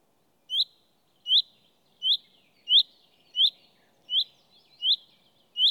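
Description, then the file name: Common chaffinch calling: eight brief bright chirps repeated at an even pace. "Fringilla coelebs"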